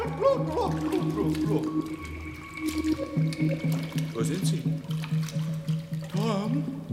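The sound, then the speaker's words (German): Water splashes and trickles in an irregular, bubbling wash as people in ice-cold water talk over it almost the whole time. “Im Wasser, Oma.”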